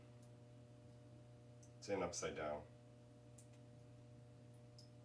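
A small plastic servo wire connector, found to be upside down, is flipped and pushed into a flight controller board socket. It clicks in at 4.8 s, and it is seated. Someone talks around 1.9–2.6 s, and faint ticks are heard near 1.6 s and 3.4 s over a steady low hum.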